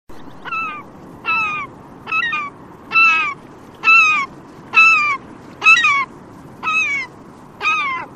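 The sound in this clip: Bird calls, a nasal, harmonic note that slurs downward, repeated steadily about once a second, nine calls over a soft hiss of background noise.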